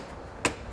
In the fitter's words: So it's not going to come all the way out, but once you hear it click there, you know it's free there from the screw.